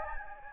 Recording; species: mosquito wingbeat signal from an infrared sensor; Anopheles gambiae